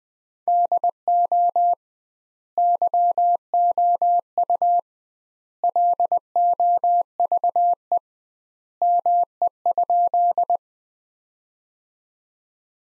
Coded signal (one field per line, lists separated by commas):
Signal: Morse code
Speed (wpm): 20 wpm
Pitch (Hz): 700 Hz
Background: none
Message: DO YOU LOVE ME?